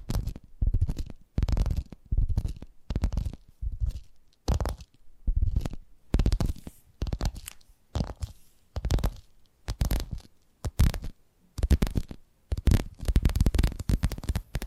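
Tapping triggers in quick bursts, each cluster of taps lasting about half a second with short silences between, repeating steadily through the whole stretch. The taps have a deep, thumping low end and a crisp, scratchy top, with occasional rubbing sounds mixed in.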